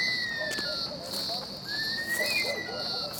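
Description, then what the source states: Bush stone-curlew wails, thin drawn-out whistles repeated, one falling and another rising, against a dense high cicada drone with clicks. Haunting call from a park in Darwin, Northern Territory, on Larrakia country, at early evening as street lights came on; two birds; cicadas singing at sundown.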